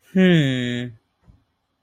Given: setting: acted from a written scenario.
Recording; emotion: vocal sound without words; romantic love